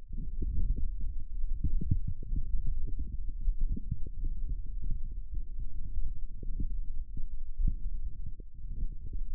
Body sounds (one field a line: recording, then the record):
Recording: forearm muscle sounds (acoustic myography)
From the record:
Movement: forearm supination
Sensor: system 1, eight BSWA MPA416 microphones around the upper forearm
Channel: 8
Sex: male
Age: 18 years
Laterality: right